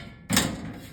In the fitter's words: and it clicks into place